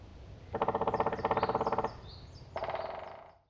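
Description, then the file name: Black woodpecker calls as two fast rattling series of harsh notes, then a shorter burst that fades, with thin high chirps in the background. Tomakomai, 26 March 2011. "kumagera 110326 tomakomai namba"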